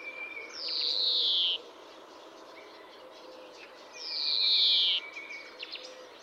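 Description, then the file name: European greenfinch giving two long, buzzy, downslurred wheezes, with faint chirps and soft background hiss between them. "Chloris chloris"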